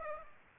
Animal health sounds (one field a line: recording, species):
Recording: mosquito wingbeat signal from an infrared sensor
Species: Aedes aegypti